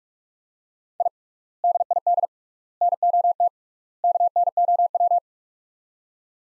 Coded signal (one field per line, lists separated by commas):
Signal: Morse code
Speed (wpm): 43 wpm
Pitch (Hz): 700 Hz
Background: none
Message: I DID NOT KNOW